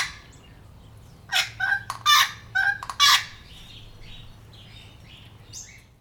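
Wattlebird giving a short run of several harsh, grating notes, then fainter calls.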